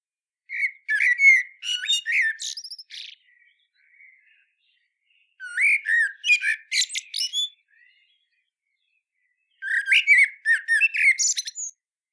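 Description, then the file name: Eurasian blackbird calling in three separate bursts of rapid squeaky, chattering notes, each burst lasting about two seconds with quiet gaps between them. "Turdus merula"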